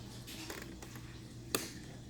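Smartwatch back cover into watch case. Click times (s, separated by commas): 1.6 s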